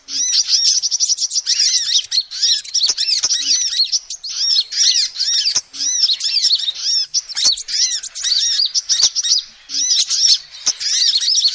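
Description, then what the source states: Lovebird chatter: energetic piercing squeaks and tumbling chirps in dense bursts with short gaps and occasional faint low clicks. Lovebird calls used as a lure (pikat) for trapping birds.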